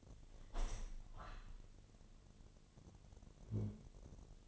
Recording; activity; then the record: daily activity, microphone in the room; open window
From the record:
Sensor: 4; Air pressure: 1007.2 hPa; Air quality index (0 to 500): 190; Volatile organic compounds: 6 ppm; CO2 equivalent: 1892 ppm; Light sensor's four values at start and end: 23/73/28/27 and 23/73/28/27